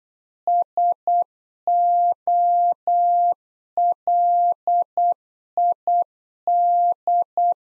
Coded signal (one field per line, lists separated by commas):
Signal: Morse code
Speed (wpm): 8 wpm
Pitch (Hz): 700 Hz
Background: none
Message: SOLID